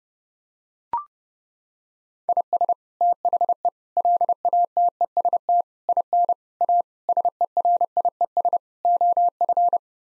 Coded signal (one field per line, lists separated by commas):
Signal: Morse code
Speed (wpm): 32 wpm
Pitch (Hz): 700 Hz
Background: none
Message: IS THE LATEST IN A SERIES OF